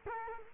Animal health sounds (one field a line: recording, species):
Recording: mosquito wingbeat signal from an infrared sensor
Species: Culex quinquefasciatus